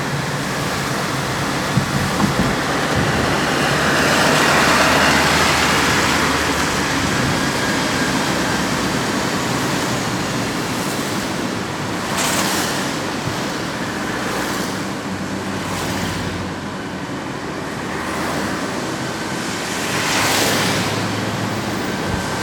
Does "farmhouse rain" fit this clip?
no